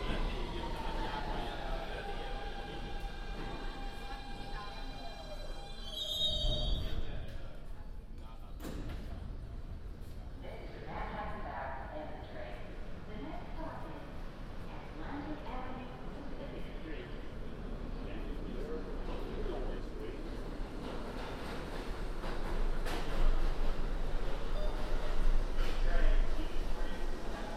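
Binaural recording of a commute aboard a rumbling train, with a steady whine early, people talking throughout, and louder rattling near the end.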